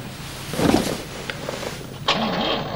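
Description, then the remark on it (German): A Wartburg car engine cranks with a rough, pulsing churn shortly before midnight, then catches and settles into a low, steady rumble with a brighter rasp on top. “Spring an, verdammt! Schnitt. Den Motor dann startet”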